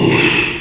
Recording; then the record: squeal of a Yucatan mini pig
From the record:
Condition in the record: after surgery on the right vocal fold (resection and tissue-engineered implant); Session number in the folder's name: 1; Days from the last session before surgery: 6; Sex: male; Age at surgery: 12 weeks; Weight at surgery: 13 kg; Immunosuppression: cyclosporine, prednisolone